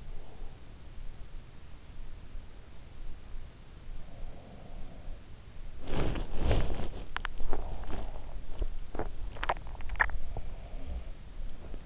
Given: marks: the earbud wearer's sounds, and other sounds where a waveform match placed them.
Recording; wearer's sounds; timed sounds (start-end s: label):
sounds in sleep by an in-ear microphone; breath, body movement, swallowing
0.00-0.80 s: breath
3.80-5.73 s: sound from someone else or the room
5.80-11.86 s: body movement
7.38-8.43 s: breath
8.83-10.16 s: swallowing
10.75-11.15 s: sound from someone else or the room